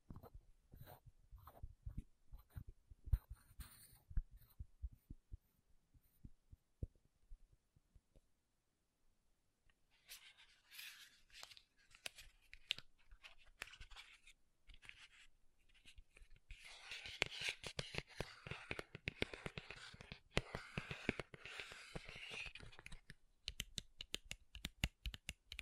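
Makeup tapping and scratching: a run of quick, uneven taps and clicks that goes on for the whole clip. The first ten seconds are mostly dull knocks, then a brighter hiss of scratching comes in over the tapping, loudest from about 17 to 23 seconds.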